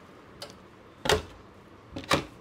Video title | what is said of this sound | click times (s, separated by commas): Best furniture store in Hyderabad ganesh festival offer on furniture Sai baba furniture crazy mowa | lock అయిపోతుందా sir అది ఆ lock అవుతుంది. | 1.1 s